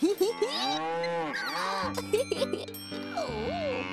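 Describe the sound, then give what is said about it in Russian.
A herd of cows at the edge of a forest moo in overlapping, drawn-out calls that rise and fall in pitch, with low steady bellows underneath and a faint bell jingling in the background. “И потому уже через час, а может через два, он отправился на поиски новых приключений и скоро наткнулся у опушки леса на стадо божественно красивых коров.”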